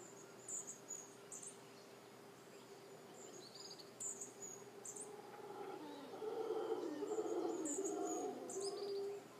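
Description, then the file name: Howler monkey howls: a rough, low roaring chorus swells up in the second half and holds for several seconds, over faint high calls and a constant low drone. "Singe Hurleurs"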